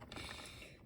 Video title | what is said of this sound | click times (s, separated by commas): Jazzwares Stranger Things Demogorgon | In fact, if I swap it out, I'm going to do it off screen. You can hear the pop. | 0.1 s